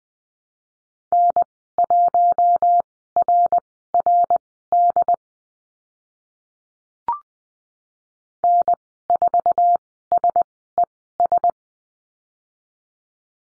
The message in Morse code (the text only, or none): N1RRD N4SES